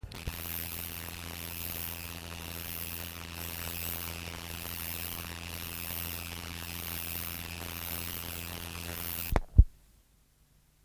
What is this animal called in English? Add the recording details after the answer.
Roesel's Bush-cricket. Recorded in the wild. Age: imago. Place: Rappelsdorf (b. Schleusingen), Thüringen, DE. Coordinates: 50.5, 10.7167. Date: 1987-08-23. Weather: overcast, light rain shower, 18°C. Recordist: Tembrock, Günter. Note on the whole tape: Stridulation